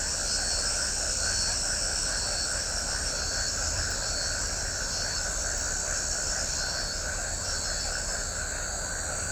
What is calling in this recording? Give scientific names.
none